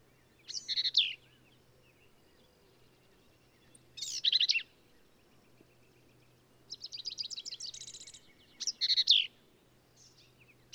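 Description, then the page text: Black-capped vireo song: short, emphatic, buzzy-chattered phrases set apart by pauses of varying length, each phrase differently shaped, over a faint low hum. Male singing, same individual throughout; endangered species; phrases sung alone, truncated, embellished or run together; Kerr Wildlife Management Area, Hunt, Texas hill country. "Birdsong for the Curious Naturalist. Black-capped vireo"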